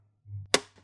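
A flat pry tool works under the plastic top cover of an Xbox One S game console to unclip one side, with a low scraping rumble from about 0.2 to 0.5 seconds. A sharp plastic snap at 0.5 seconds marks the case clip popping open and releasing, followed by a faint tick near 0.8 seconds.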